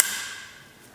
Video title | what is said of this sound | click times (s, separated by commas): Delkevic Exhaust Polymer Carbon Strap Assembly Fitting Guide Help Video | you can see then it will snap into place | 0.0 s